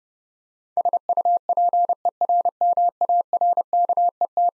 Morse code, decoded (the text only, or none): SUPERMARKET